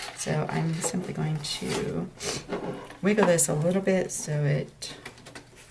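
Someone talks while wiggling a picture insert a little into a picture frame, with two faint short handling taps near 5.3 s. Nothing has seated or clicked yet.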